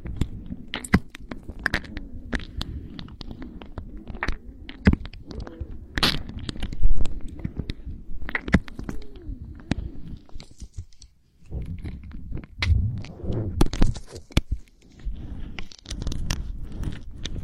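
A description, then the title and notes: An ear massage with oil gives dense, squelchy rubbing and slick crackles, with sharp clicks scattered throughout and a short quiet lull near eleven seconds. Ear oil massages the ears.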